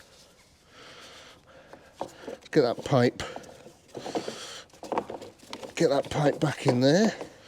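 A coolant pipe is handled as it is about to be pushed back into its fitting on a Porsche 911 cooling system, with short knocks and scrapes among the handling while someone talks. Nothing has seated or clicked yet; the pipe is not home by the end of the clip.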